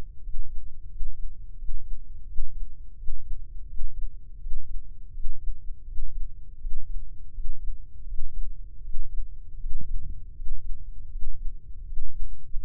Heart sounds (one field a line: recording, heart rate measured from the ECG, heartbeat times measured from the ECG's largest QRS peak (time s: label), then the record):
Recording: heart sounds by microphone in the left ear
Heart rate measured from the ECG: 82 bpm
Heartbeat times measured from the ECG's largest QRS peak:
0.20 s: heartbeat
0.87 s: heartbeat
1.55 s: heartbeat
2.24 s: heartbeat
2.95 s: heartbeat
3.66 s: heartbeat
4.38 s: heartbeat
5.11 s: heartbeat
5.84 s: heartbeat
6.58 s: heartbeat
7.31 s: heartbeat
8.05 s: heartbeat
8.81 s: heartbeat
9.57 s: heartbeat
10.33 s: heartbeat
11.09 s: heartbeat
11.83 s: heartbeat
12.58 s: heartbeat
From the record:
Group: healthy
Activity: breath hold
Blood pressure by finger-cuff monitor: 119/87 mmHg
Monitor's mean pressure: 95 mmHg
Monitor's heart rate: 85 bpm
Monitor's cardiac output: 5.9 L/min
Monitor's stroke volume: 69 mL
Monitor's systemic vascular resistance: 1180 dyn s/cm5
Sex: male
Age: 21 years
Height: 180 cm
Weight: 67.5 kg